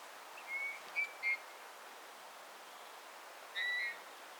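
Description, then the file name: Eurasian bullfinch calling with gentle, plaintive whistled notes: a short cluster of three early on, then one longer piping whistle after a pause. "Pyrrhula pyrrhula"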